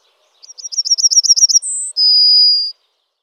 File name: Bruant jaune